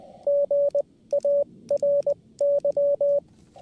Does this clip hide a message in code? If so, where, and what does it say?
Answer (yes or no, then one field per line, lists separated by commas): yes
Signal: Morse code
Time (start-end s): 0.3-3.2 s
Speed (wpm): 20 wpm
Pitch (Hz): 570 Hz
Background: radio noise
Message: GARY